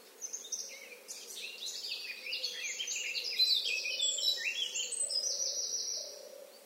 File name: Sylvia atricapilla